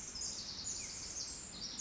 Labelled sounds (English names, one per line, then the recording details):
Pacific Wren
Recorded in Sonoma County, California